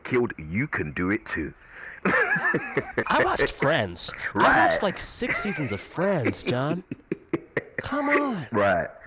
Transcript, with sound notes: You can do it, too (laughter).
I watched "Friends."
Right (laughter).
I watched, like, six seasons of "Friends," John. Come on.